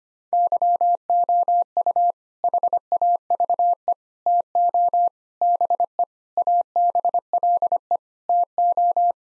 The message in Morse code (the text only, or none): YOU HAVE TO BE ABLE TO